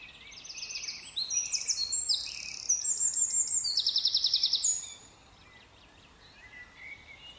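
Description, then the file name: Eurasian wren song of rapid high trills and sharp notes for about four seconds, followed by fainter chirps and soft hiss. "Troglodytes troglodytes"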